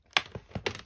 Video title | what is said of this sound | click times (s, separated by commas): Lenovo IdeaPad 330 Disassembly Teardown HOW to Upgrade SSD DDR4 RAM memory | and they will make a snap | 0.2 s, 0.7 s